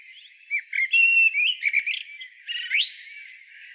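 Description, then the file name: Common blackbird giving a varied phrase of short whistled notes, buzzy chatter and a sharp rising sweep near the end, followed by thin high squeaks. "Turdus merula"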